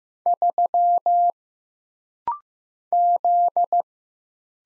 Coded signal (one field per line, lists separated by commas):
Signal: Morse code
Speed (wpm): 15 wpm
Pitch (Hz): 700 Hz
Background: none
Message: 3 Z